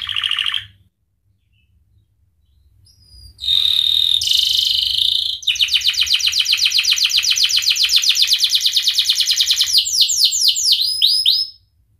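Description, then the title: Canary song with a short trill, a silence, a harsh buzzy burst, then a long, even, rapid trill that ends in looping downslurred whistles. Indonesian kicaumania songbird hobby; canary described as gacor (singing energetically) with its best cengkok (song ornamentation) and richest isian (fill-in phrases). "Kenari Gacor Cengkok Terbaik Isian Paling Mewah Kenarigacor Kicaumania Kenari"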